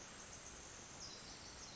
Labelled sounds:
Pacific Wren (Troglodytes pacificus)
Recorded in Sonoma County, California

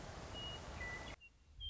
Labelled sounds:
Western Meadowlark (Sturnella neglecta)
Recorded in Sonoma County, California

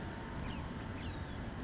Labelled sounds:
Blue-gray Gnatcatcher (Polioptila caerulea)
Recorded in Sonoma County, California

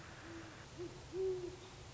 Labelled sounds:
Great Horned Owl (Bubo virginianus)
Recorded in Sonoma County, California

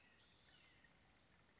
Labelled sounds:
Red-shouldered Hawk (Buteo lineatus)
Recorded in Sonoma County, California

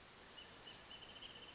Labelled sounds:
Wrentit (Chamaea fasciata)
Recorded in Sonoma County, California

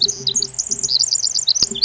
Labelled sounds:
Pacific Wren (Troglodytes pacificus)
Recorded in Sonoma County, California

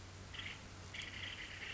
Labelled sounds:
Acorn Woodpecker (Melanerpes formicivorus)
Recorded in Sonoma County, California

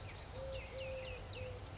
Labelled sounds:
Eurasian Collared Dove (Streptopelia decaocto)
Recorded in Sonoma County, California

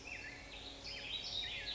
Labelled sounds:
Black-headed Grosbeak (Pheucticus melanocephalus)
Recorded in Sonoma County, California

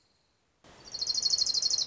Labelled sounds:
Orange-crowned Warbler (Leiothlypis celata)
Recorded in Sonoma County, California

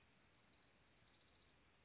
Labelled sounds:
Orange-crowned Warbler (Leiothlypis celata)
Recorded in Sonoma County, California

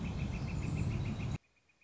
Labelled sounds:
Northern Flicker (Colaptes auratus)
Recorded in Sonoma County, California

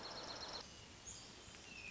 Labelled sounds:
Hermit Thrush (Catharus guttatus)
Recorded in Sonoma County, California

